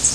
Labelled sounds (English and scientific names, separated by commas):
Cerulean Warbler (Setophaga cerulea) flight call